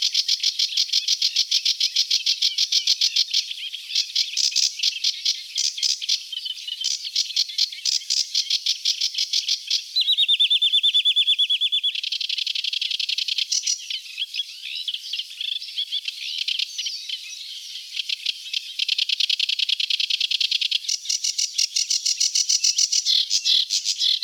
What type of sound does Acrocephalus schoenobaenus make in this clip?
song